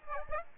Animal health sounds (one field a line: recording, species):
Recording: mosquito wingbeat signal from an infrared sensor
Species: Aedes aegypti